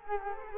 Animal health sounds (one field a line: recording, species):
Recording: mosquito wingbeat signal from an infrared sensor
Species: Culex quinquefasciatus